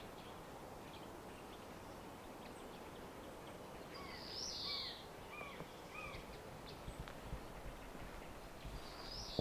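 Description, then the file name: European greenfinch giving a nasal buzzing wheeze midway and another at the very end, with short clear chirps around the first, over constant outdoor noise. "Chloris chloris"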